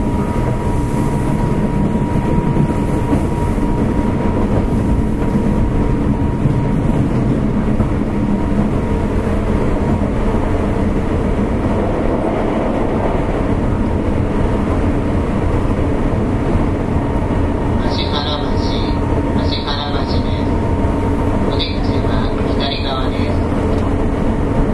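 A JR 201 series train runs with a steady low rumble and a thin whine, while a few bright squeals break through near the end.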